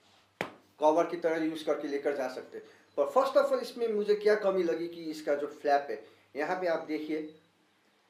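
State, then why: Seated. The flap of a ProElite book-cover keyboard case with kickstand for a Samsung Tab S is closed and locks shut onto the tablet cover. A short, sharp snap sounds at 0.4 s, and then someone talks for the rest of the clip.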